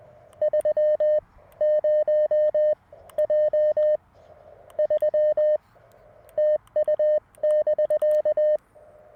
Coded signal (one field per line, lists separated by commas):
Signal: Morse code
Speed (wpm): 20 wpm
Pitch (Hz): 610 Hz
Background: none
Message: 30J 3 TU <BK>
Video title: Budget CW Ep. #2 - MTR4B, CW Morse, and 17' Whip at the Beach!